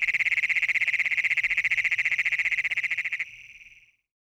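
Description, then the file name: Great Plains toad trill, a loud, rapid, pulsed buzzing at a steady high pitch that cuts off after about three seconds, with a brief fading tail, then silence. "Anaxyrus cognatus"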